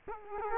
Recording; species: mosquito wingbeat signal from an infrared sensor; Culex quinquefasciatus